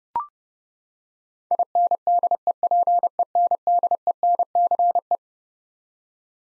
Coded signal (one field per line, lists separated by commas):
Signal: Morse code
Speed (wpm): 30 wpm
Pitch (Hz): 700 Hz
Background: none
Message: INDEPENDENCE